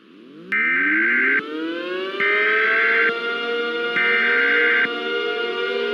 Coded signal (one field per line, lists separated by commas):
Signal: Emergency Alert System (SAME) tones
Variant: header bursts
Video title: EAS Scenario - Hypernado (Rescripted Version)